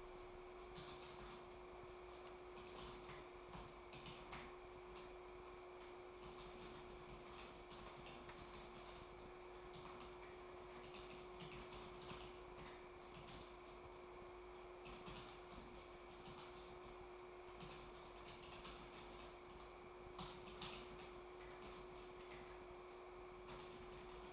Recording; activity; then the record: daily activity, microphone in the room; typing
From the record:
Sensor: 1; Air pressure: 1004.5 hPa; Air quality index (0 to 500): 196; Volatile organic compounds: 17 ppm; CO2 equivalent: 2592 ppm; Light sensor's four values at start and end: 4/11/4/4 and 4/11/4/4